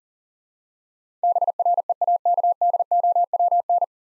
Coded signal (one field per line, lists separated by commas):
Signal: Morse code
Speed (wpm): 40 wpm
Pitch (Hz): 700 Hz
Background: none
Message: BREAKDOWN